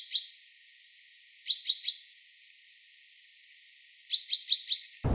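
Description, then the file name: Great tit giving bursts of three or four sharp, high clicking notes with short trailing tones, separated by quiet pauses. "Parus major"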